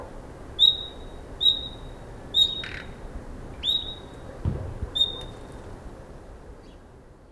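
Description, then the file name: Common nightingale: five high whistled notes, spaced around a second apart, with a short rasp, then the calling fades away. "Luscinia megarhynchos"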